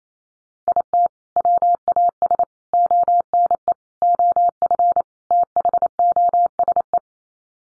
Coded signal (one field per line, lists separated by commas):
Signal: Morse code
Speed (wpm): 28 wpm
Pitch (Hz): 700 Hz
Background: none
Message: IT WAS ONE OF THOSE